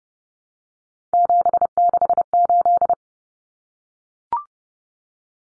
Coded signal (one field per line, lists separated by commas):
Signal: Morse code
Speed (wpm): 30 wpm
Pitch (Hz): 700 Hz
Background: none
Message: 768